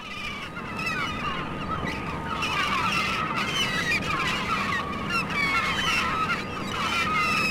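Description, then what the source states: Gulls calling in a noisy chorus, many overlapping squealing and mewing cries, over a steady rumbling background. Gulls at the Staten Island Ferry.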